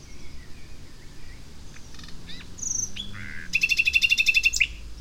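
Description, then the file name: Common nightingale song: a few whistled and buzzy notes, then a fast, even rattling trill of many loud repeated notes lasting about a second. "Luscinia megarhynchos"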